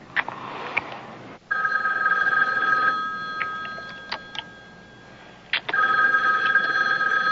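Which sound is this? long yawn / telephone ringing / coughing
telephone ringing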